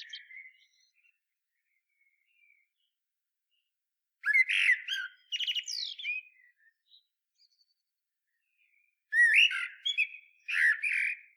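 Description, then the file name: Common blackbird song: a faint fluty opening, then two loud phrases of rich warbling mixed with high squeaky twitters, spaced about five seconds apart. "Turdus merula"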